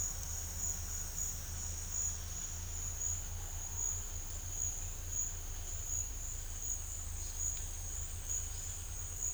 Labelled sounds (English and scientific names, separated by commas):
none